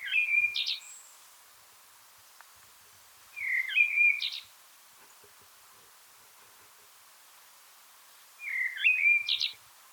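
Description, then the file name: Eurasian blackbird giving three short fluted phrases, each closing with a quick high flourish. "Turdus merula"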